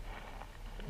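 Red and black crimped wire terminals are pushed into the plastic connector housing of an LED lighting loom for a 2018 BMW R1200 GSA. Two short clicks sound at 0.4 s and 0.8 s over a steady low background as the terminals click in all the way and seat.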